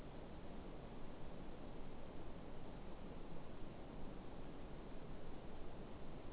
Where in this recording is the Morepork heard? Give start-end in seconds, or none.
none